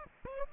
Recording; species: mosquito wingbeat signal from an infrared sensor; Aedes aegypti